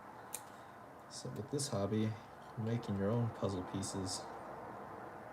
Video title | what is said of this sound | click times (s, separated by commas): October 30th, 2020 - Part 2 | uh watch them click into place | 0.3 s